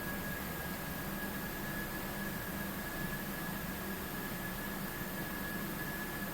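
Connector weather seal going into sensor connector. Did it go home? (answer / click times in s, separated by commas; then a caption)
no / none. The weather seal for the transmission temperature sensor connector on a 2007 Hyundai Accent is handled and placed back before the connector is pushed down, during replacement of a bad sensor behind a check engine light. A steady broadband hiss with a faint constant high tone continues throughout. Nothing has clicked or seated yet.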